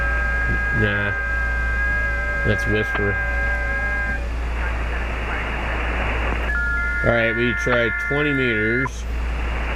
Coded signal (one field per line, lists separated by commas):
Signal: FT8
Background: speech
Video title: digital ham radio